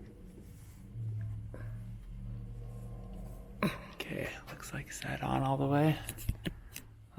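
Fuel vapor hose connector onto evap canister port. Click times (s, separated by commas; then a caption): 3.6 s. A plastic fuel vapor hose quick-connector is pushed onto the evap canister port of a Ferrari 360 while someone talks, with a sharp click at 3.6 s. On checking, the connector pulls right off, so it has not latched and needs to be pushed on farther.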